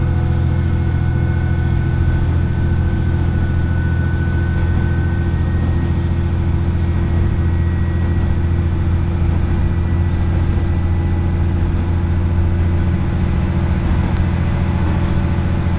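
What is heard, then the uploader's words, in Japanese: Aboard the first Oito Line train leaving Itoigawa for Minami-Otari, the engine drones steadily with a heavy low rumble and fixed humming tones throughout. The level never changes, and a couple of faint high clicks appear around one and fourteen seconds. 耳で楽しむ鉄道旅 大糸線 糸魚川→平岩。糸魚川を出る大糸線の始発列車で南小谷へと向かいます。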